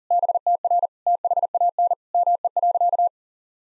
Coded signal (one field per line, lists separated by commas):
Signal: Morse code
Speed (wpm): 40 wpm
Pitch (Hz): 700 Hz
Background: none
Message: BTR THAN ME.